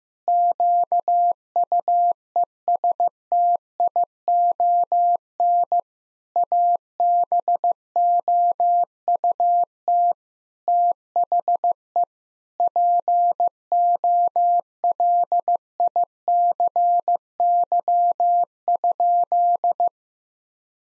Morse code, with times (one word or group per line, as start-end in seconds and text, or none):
0.3-5.8 QUESTION
6.4-10.1 ABOUT
10.7-12.0 THE
12.6-19.9 POLICY?